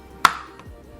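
A closure latch on an Away hard-shell suitcase is pushed shut and gives a loud, sharp snap at 0.3 s, its ringing tail fading over about a quarter second. A much fainter tick follows at 0.6 s, and the latch is seated.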